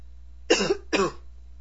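Two brief, muffled bursts about half a second apart, an adult man stifling a sneeze and coughing.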